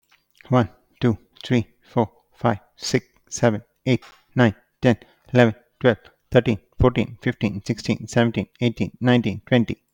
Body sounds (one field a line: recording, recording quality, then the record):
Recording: counting at a fast pace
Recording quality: excellent, no background noise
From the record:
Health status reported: healthy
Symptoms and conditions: asthma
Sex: male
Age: 41 years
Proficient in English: yes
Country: India